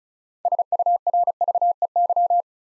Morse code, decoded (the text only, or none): SURVEY